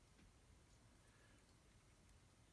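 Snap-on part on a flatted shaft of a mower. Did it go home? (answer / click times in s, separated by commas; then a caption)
no / none. A snap-on part is lined up on the flats of a shaft on a Toro Recycler lawn mower and handled into position, with faint light ticks and scraping over a steady low background noise. Nothing has seated or snapped into place yet.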